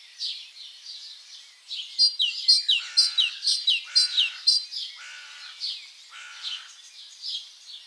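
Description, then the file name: Great tit singing a bright rhythmic run of repeated two-note phrases, with lower buzzy bursts. "Parus major"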